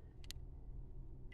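A striker assembly is pushed down into a Walther PDP F-Series pistol slide while its small button is held depressed, and it locks into place with a sharp, bright click at 0.3 s, just after a softer tick at 0.2 s. A steady low rumble runs underneath, with another faint tick near 1.3 s, and the striker assembly ends up seated.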